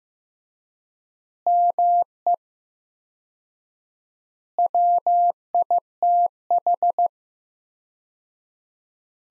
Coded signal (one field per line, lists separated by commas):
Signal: Morse code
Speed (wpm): 15 wpm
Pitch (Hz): 700 Hz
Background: none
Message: ME WITH